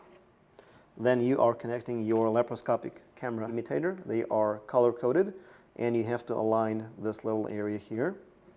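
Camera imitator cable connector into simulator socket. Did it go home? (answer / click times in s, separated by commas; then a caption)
no / none. Someone talks while the color-coded cable connector of a laparoscopic camera imitator is lined up by its small marked area with its socket on a MedVision LapVision laparoscopy surgical simulator. Nothing has seated or clicked yet; the clip ends just before the connector goes home.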